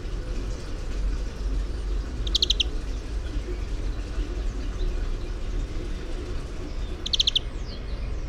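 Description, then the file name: European greenfinch calls: two short, rapid stuttering bursts of bright notes, about five seconds apart, over a steady low rumble like traffic. "Chloris chloris"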